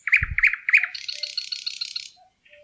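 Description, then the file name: Thrush nightingale song: three loud knocking notes followed by a long, dry, rapidly pulsed rattle, then a soft trailing note. "nattergal"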